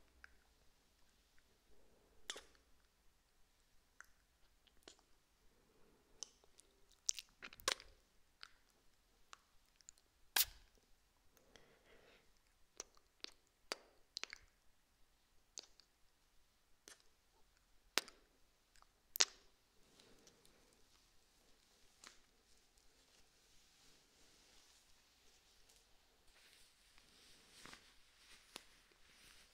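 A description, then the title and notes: Kiss sounds come as short, sharp, wet smacks and pops scattered irregularly across the thirty seconds, a few louder ones near 8, 10, 18 and 19 seconds. Between them are soft smacking and breathy hiss, with a faint airy wash rising toward the end. ASMR Kiss Sounds.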